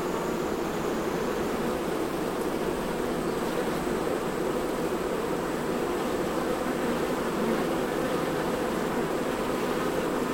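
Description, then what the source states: Honey bees buzzing in a dense, steady drone, many wings humming together without pause, a low mid-pitched hum that holds evenly throughout. Honey bees at a hive.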